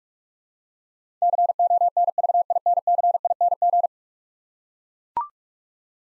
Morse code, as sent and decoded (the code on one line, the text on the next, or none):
-.-. --- -. ...- .. -. -.-. .. -. --.
CONVINCING